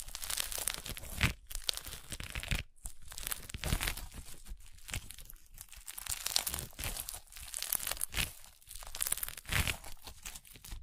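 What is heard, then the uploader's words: Crunchy slime crackles and crinkles in dense, uneven bursts, with brief silent gaps near two and three seconds and scratchy, bright texture throughout. Crunchy Slime x Brain Scratching.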